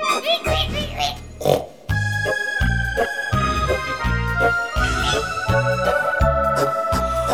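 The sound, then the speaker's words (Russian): A piglet squeals in shrill, wavering bursts over a steady musical accompaniment with a thumping bass line, the squealing sounding like a voice imitating a piglet. “Замолчи, изгливый поросенок.”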